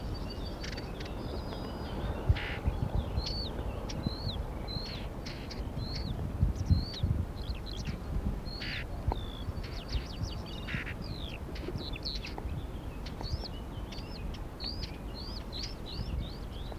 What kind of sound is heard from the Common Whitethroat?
song